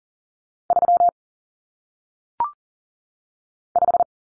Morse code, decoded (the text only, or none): 3 5